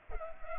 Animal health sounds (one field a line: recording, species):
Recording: mosquito wingbeat signal from an infrared sensor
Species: Culex pipiens